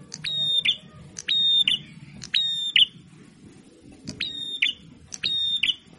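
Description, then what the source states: Prinia harsh buzz calls, flat in pitch with a sharp click at each start, repeated about once a second after a brief pause, over low rumble. Masteran training recording of a red-headed prenjak (prinia) in full song (gacor).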